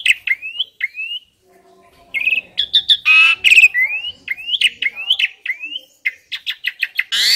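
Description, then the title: Asian pied starling calls, rapid series of short upslurred whistles, broken by a harsh noisy burst midway. Training audio used to prompt birds that sing too little or seem sluggish into singing more. "Masteran Jalak Suren Atasi Burung KURANG GACOR Dan LOYO"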